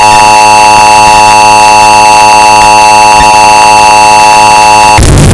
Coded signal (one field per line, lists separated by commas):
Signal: Emergency Alert System (SAME) tones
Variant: 853 and 960 Hz attention tone